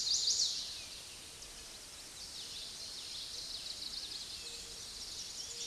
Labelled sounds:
Common Yellowthroat (Geothlypis trichas) song
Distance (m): 60 m
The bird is about 5 m above the microphone
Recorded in a Pennsylvania forest on 16 May 2024 at 06:16
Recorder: AudioMoth, point MSD-2257
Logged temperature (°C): 16.0 °C
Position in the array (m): 243 m, 171 m

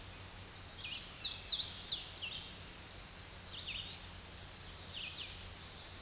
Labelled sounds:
Hooded Warbler (Setophaga citrina) song
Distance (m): 35 m
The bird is about 20 m above the microphone
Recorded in a Pennsylvania forest on 16 May 2024 at 07:57
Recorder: AudioMoth, point MSD-2258
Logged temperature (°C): 15.2 °C
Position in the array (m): 140 m, 103 m

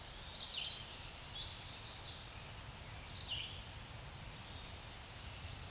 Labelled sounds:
Chestnut-sided Warbler (Setophaga pensylvanica) song
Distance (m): 35 m
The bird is about 10 m above the microphone
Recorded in a Pennsylvania forest on 16 May 2024 at 06:52
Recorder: AudioMoth, point MSD-2142
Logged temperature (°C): 16.7 °C
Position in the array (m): 10 m, 20 m

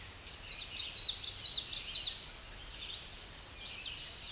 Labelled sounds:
Common Yellowthroat (Geothlypis trichas) song
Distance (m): 20 m
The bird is about 5 m below the microphone
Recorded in a Pennsylvania forest on 16 May 2024 at 07:11
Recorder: AudioMoth, point MSD-1293
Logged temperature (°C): 12.0 °C
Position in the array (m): 38 m, 147 m

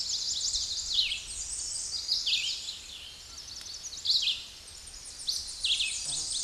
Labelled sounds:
Red-eyed Vireo (Vireo olivaceus) song
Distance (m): 10 m
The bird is about 5 m above the microphone
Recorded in a Pennsylvania forest on 16 May 2024 at 09:57
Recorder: AudioMoth, point MSD-2273
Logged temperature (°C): 16.0 °C
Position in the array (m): 48 m, 216 m

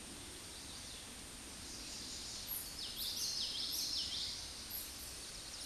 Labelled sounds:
Common Yellowthroat (Geothlypis trichas) song
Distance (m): 25 m
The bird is about level with the microphone
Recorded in a Pennsylvania forest on 16 May 2024 at 09:57
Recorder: AudioMoth, point MSD-2304
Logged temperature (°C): 16.0 °C
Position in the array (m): 230 m, 181 m

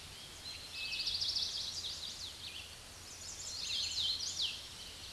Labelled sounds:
Hooded Warbler (Setophaga citrina) song
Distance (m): 15 m
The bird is about 10 m above the microphone
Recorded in a Pennsylvania forest on 16 May 2024 at 06:34
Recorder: AudioMoth, point MSD-0814
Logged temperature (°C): 15.8 °C
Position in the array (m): 146 m, 112 m

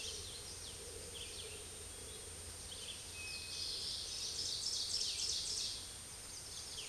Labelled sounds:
Ovenbird (Seiurus aurocapilla) song
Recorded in a Pennsylvania forest on 16 May 2024 at 09:43
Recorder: AudioMoth, point MSD-2083
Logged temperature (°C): 16.7 °C
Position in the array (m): 161 m, -11 m

